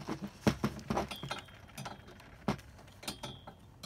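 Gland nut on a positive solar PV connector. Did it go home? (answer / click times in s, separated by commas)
no / none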